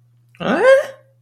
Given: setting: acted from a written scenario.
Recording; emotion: vocal sound without words; confusion